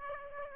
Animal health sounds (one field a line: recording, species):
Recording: mosquito wingbeat signal from an infrared sensor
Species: Aedes aegypti